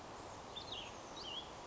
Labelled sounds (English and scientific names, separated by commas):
Cassin's Vireo (Vireo cassinii)